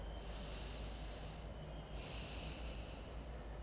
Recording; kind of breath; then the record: one breath in and out by a microphone near the nose and mouth; deep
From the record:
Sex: male